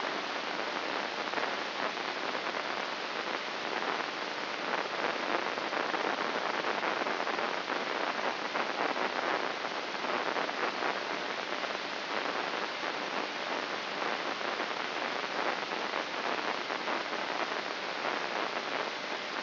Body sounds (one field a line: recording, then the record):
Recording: brain microelectrode recording played as sound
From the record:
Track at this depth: inside the subthalamic nucleus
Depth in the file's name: 4.883 mm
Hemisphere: left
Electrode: 3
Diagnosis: Parkinson's disease